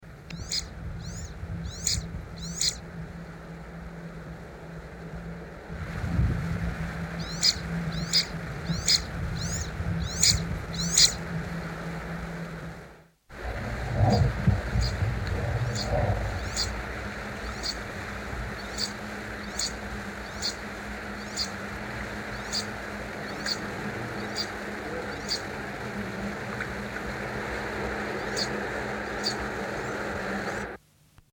Auckland Island teal song.